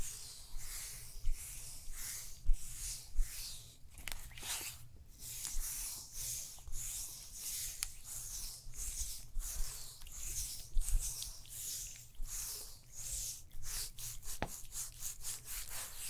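A neck and shoulder massage without talking: repeated bright, hissing strokes of hands rubbing skin, arriving about once or twice a second in an uneven rhythm. A few sharper taps stand out near the middle and end, over a steady low hum underneath.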